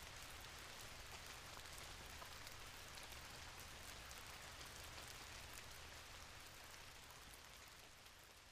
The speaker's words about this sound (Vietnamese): Tiếng mưa rơi rả rích trên mái hiên rồi đổ xuống mặt đường tạo thành những chiếc bong bóng nước to tròn.